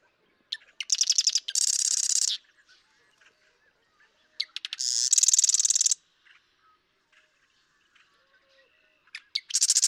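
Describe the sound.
Marsh Wren song in longer bursts: scratchy introductory notes run into a fast, harsh, buzzing trill of over a second, two full songs and another beginning.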